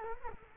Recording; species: mosquito wingbeat signal from an infrared sensor; Culex quinquefasciatus